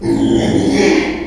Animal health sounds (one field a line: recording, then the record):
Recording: squeal of a Yucatan mini pig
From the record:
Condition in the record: after surgery on the right vocal fold (resection and tissue-engineered implant)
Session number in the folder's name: 2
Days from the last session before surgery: 13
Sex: male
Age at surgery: 12 weeks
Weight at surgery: 13 kg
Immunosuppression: cyclosporine, prednisolone